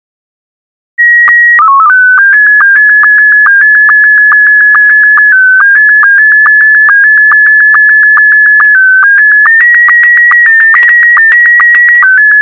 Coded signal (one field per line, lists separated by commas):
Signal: SSTV (slow-scan television)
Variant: Scottie 1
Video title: sstv music #1